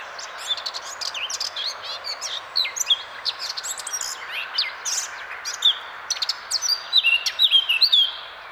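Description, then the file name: Eurasian blackcap song: a soft, scratchy warble ending in several clearer whistled notes, partly masked by a steady hiss. "Sylvia atricapilla"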